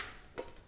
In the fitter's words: yeah there you go locked into place already